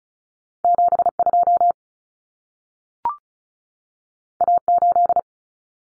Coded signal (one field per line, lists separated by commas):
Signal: Morse code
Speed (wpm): 36 wpm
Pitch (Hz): 700 Hz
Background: none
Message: 72 A8